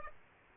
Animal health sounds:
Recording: mosquito wingbeat signal from an infrared sensor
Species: Aedes aegypti

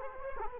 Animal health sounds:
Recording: mosquito wingbeat signal from an infrared sensor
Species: Culex quinquefasciatus

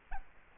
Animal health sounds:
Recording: mosquito wingbeat signal from an infrared sensor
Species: Culex quinquefasciatus

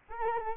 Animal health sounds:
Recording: mosquito wingbeat signal from an infrared sensor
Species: Culex quinquefasciatus

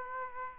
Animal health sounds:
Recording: mosquito wingbeat signal from an infrared sensor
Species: Aedes aegypti

